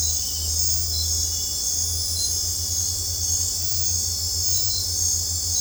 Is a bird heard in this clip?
no